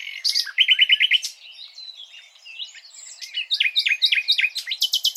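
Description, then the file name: Common nightingale song: a quick run of five or six repeated notes, then jumbled buzzy and whistled phrases, ending in a fast repeated high series. "Luscinia megarhynchos"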